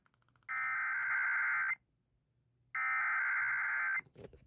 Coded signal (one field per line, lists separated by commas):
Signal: Emergency Alert System (SAME) tones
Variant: header bursts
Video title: WASN'T ANTICIPATING AN EVI, BUT I GOT IT... EAS Alerts from 4/27/25 (EAS 5,718 - 5,737)